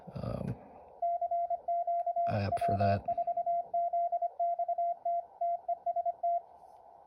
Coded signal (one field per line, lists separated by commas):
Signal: Morse code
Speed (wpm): 25 wpm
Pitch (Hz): 690 Hz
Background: speech, radio noise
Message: CQ W4ZXT TEST